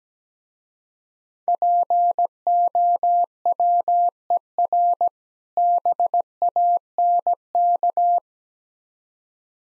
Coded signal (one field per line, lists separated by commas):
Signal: Morse code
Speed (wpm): 17 wpm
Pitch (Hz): 700 Hz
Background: none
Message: POWER BANK